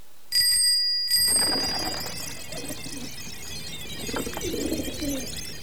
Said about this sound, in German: Immer wenn die Fahrradklingel klingelt, blättern wir eine Seite um.